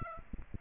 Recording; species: mosquito wingbeat signal from an infrared sensor; Aedes aegypti